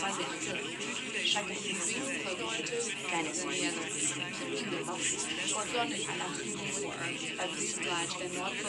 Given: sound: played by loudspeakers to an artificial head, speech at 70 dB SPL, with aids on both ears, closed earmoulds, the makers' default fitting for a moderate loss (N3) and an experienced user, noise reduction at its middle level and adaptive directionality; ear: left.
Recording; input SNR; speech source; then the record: speech test signal (ISTS) in cocktail-party noise; -3 dB; on the right (90 degrees)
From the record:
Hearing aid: class 2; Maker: E